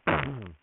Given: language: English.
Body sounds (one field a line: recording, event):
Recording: throat vibration sensor signal played as sound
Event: throat clearing